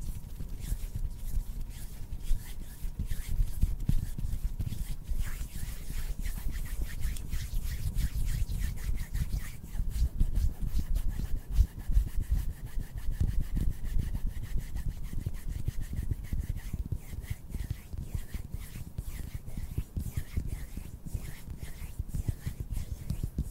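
Hands rub and brush together in dense, continuous strokes, a low rumbling swish broken by quick crisp scratchy flicks throughout.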